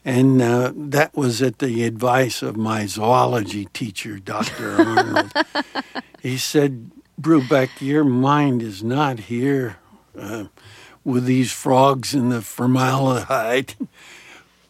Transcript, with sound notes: And that was at the advice of my zoology teacher, Dr. Arnold.
(Laughter).
He said, Brubeck, your mind is not here with these frogs in the formaldehyde;